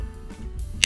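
The plastic battery and card door on a GoPro 12 action camera body is pressed shut over the inserted battery and memory card. After a low, quiet rustle, it snaps closed with a sharp latch click at 0.8 s, and the door is seated.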